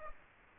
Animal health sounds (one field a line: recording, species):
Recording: mosquito wingbeat signal from an infrared sensor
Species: Aedes aegypti